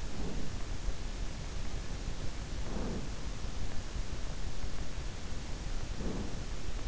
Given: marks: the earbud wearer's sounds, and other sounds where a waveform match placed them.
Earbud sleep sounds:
sounds in sleep by an in-ear microphone; breath
0.00-1.04 s: breath
2.53-3.31 s: breath
5.52-6.56 s: breath

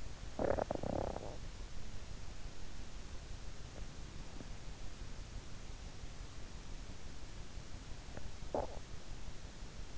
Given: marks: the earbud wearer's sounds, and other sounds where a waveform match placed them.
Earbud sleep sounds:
sounds in sleep by an in-ear microphone; snoring breath
0.00-2.03 s: snoring breath
7.99-8.89 s: snoring breath

